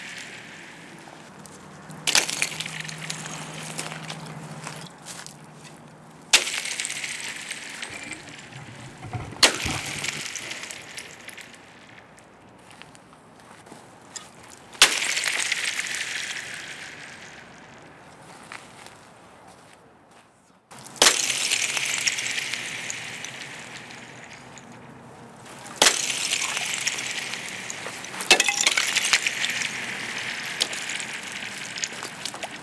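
Ice blocks hit a frozen pond about every five seconds, each sharp crack ringing off in a bright glassy shimmer that slowly fades.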